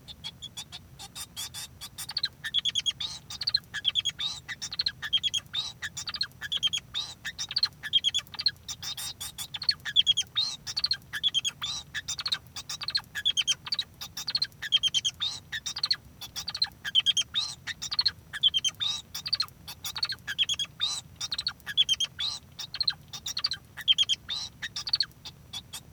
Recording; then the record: song of a male Bengalese finch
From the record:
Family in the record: son of father 2